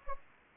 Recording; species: mosquito wingbeat signal from an infrared sensor; Anopheles gambiae